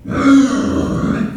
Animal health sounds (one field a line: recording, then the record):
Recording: squeal of a Yucatan mini pig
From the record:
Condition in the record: after surgery on the right vocal fold (resection and tissue-engineered implant)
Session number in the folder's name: 6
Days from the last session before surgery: 40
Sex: female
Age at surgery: 19 weeks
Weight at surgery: 25 kg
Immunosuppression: prednisolone